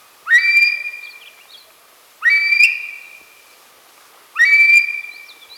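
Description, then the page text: Himalayan monal call, a ringing upslurred whistle that fades slowly, given three times roughly two seconds apart. Female call. "Himalayan Monal Female Call. Quick Sounds"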